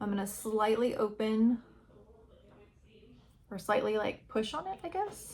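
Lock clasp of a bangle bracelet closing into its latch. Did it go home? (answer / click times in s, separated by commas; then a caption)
no / none. Someone talks while holding the lock clasp of a metal Tiffany Lock bangle bracelet slightly open and lining it up on her wrist before pushing it shut into its latch. Between the speech there is a quiet stretch of faint handling, from about 1.6 to 3.5 s. Nothing has clicked or seated yet.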